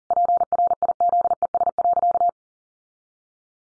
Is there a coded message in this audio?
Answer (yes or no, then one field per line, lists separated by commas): yes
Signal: Morse code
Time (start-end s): 0.1-2.3 s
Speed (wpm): 37 wpm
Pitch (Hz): 700 Hz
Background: none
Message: PRIZES.